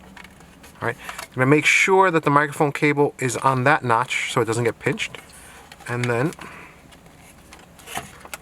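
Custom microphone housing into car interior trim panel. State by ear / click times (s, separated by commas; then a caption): seated / 8.3 s. A custom microphone housing is lined up on its two notches, with the microphone cable set in a notch so it doesn't get pinched, then wiggled into the interior trim panel of a Porsche 911 (997). Someone talks over the fitting, then the housing snaps into place with a sharp click at 8.3 s. The mount is seated in the trim.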